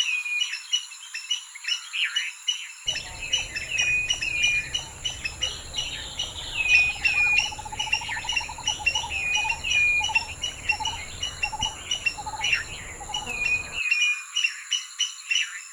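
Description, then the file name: Birds singing with bright chirps and repeated short high whistled notes, plus a run of lower pulsed notes midway. "birds squirrel"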